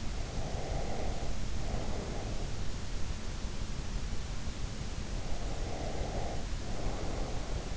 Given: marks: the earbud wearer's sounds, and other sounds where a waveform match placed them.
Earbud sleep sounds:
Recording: sounds in sleep by an in-ear microphone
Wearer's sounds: breath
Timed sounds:
0.32-2.46 s: breath
5.43-7.76 s: breath

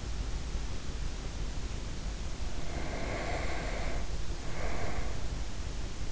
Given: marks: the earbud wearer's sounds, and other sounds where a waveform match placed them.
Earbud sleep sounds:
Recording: sounds in sleep by an in-ear microphone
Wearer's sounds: breath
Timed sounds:
2.46-5.57 s: breath

